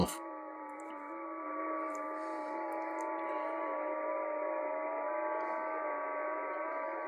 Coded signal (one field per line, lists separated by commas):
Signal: FT8